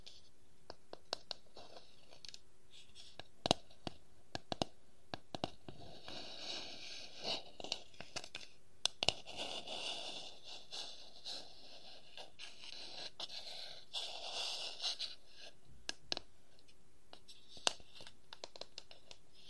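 Wooden objects tap and scratch across the whole clip. Sharp, bright clicks land irregularly, sometimes in quick clusters, with louder knocks near 3.5, 9 and 17.5 seconds. Between them come softer rubbing, scraping passages, and a faint steady tone sits underneath.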